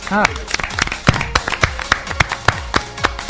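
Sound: applause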